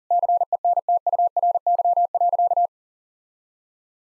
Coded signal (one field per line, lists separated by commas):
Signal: Morse code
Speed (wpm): 40 wpm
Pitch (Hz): 700 Hz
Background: none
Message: CENTURY.